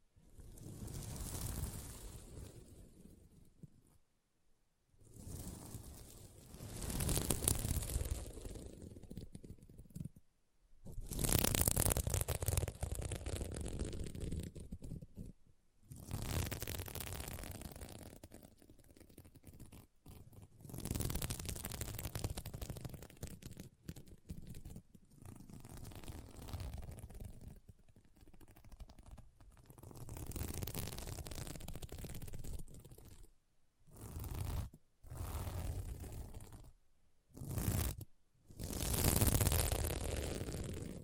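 Scratching on a sequin mermaid pillow comes in bursts of a few seconds each, rough and raspy with a strong low rumble beneath brighter scraping. Short silent gaps separate the strokes, around 5, 10, 15 and 34 seconds, and the later bursts come quicker and choppier.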